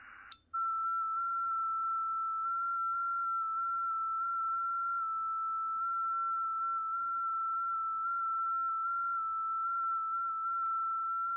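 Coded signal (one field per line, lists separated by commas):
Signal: FT8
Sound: brief noise burst, then one steady pure tone about 11 seconds, barely wavering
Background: faint low hum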